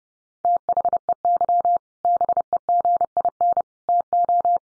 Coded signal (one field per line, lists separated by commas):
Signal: Morse code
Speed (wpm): 30 wpm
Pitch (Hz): 700 Hz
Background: none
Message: THEY BEGIN TO